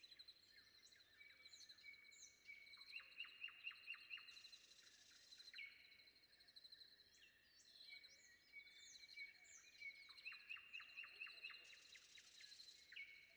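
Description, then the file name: Common nightingale song: long pure whistles, each followed by a rapid string of clicking notes, in two phrases, over a constant high buzz. Recorded before dawn. "predawn nightingale"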